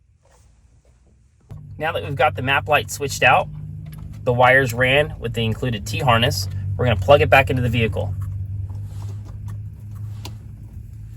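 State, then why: Seated. A map light console's wiring plug in a third-generation Toyota Tundra is pushed back into the vehicle's roof harness connector. Someone talks over a low hum, and the plug locks into the connector with a sharp click at 10.3 seconds.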